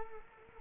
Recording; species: mosquito wingbeat signal from an infrared sensor; Culex quinquefasciatus